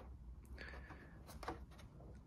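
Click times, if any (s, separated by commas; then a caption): none. A plastic Touratech headlight protector is pushed back toward its bottom clip mounts on a 2021–2024 KTM 1290 Super Adventure motorcycle. Soft handling rustles and brief plastic contact ticks are heard over a low background rumble. Nothing has seated or clicked yet.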